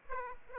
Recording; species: mosquito wingbeat signal from an infrared sensor; Aedes aegypti